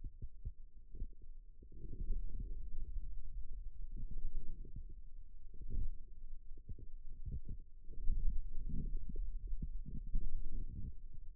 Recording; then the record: forearm muscle sounds (acoustic myography)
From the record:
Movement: radial deviation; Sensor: system 2, bracelet of six BSWA MPA416 microphones around the upper forearm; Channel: 2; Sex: male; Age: 22 years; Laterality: right